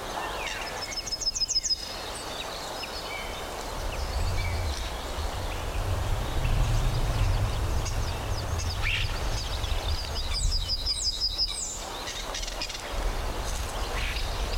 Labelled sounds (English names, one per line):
Yellowhammer